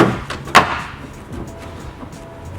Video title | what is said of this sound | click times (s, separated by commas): Toyota Tacoma LED Interior How To Install - 3rd Gen 2015+ | once everything is lined up just apply a little bit of pressure until it snaps into place | 0.6 s